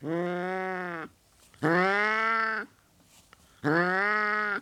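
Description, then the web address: Burmese cat giving three drawn-out, harmonic wailing calls, each about a second long, with short pauses between. Burmese cat breed, hissing and growling. "The BBC Sound Effects Library - Complete 60 CDs Collection. Burmese Cat Hissing And Growling"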